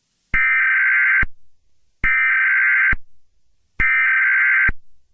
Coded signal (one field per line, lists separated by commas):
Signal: Emergency Alert System (SAME) tones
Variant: header bursts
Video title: EAS scenario 18: Halloween Horror part 3 (final chapter)